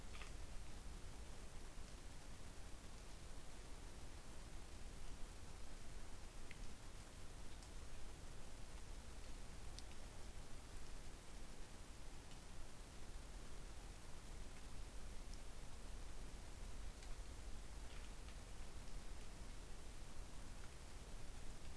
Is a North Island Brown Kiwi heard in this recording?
no